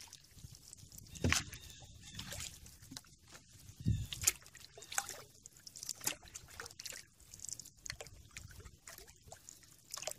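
A canoe drifts on a lazy river, water sloshing and trickling against the hull in an uneven, busy patter. Two heavier knocks or splashes stand out near the one- and four-second marks, with lighter clicks and drips scattered throughout over a low rumble.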